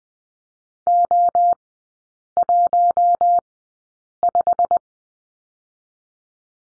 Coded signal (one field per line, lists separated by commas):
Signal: Morse code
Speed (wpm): 20 wpm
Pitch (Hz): 700 Hz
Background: none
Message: O15